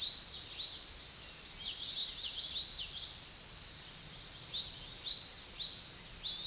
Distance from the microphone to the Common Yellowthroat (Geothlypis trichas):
about 25 m